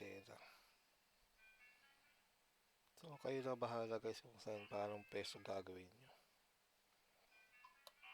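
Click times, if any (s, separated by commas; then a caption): 7.9 s. An antenna wire connector is pressed onto the terminal of a WiFi/Bluetooth card inside an HP ProDesk 400 G3 Mini PC that has an external antenna. Someone talks, then after a quieter stretch a short, sharp click at 7.9 s marks the connector snapping into place. The connector is seated and locked onto the card.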